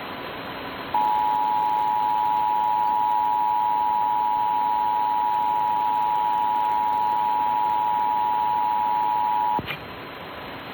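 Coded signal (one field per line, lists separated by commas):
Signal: Emergency Alert System (SAME) tones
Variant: 853 and 960 Hz attention tone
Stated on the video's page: National Periodic EAS Test captures.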